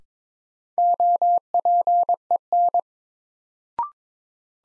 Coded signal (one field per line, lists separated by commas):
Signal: Morse code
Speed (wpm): 22 wpm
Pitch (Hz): 700 Hz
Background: none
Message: OPEN